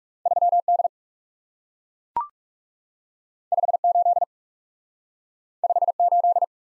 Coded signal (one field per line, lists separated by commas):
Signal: Morse code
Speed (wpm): 40 wpm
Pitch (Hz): 700 Hz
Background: none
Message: 3 D 5 8 5 8